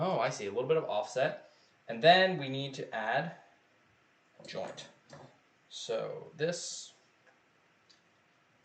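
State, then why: Not seated. A plastic joint is handled as it is about to be added to the body of a Transformers robot model kit, while someone talks throughout. Nothing has seated or clicked yet; the clip ends before the part goes home.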